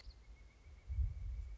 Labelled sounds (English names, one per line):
Pileated Woodpecker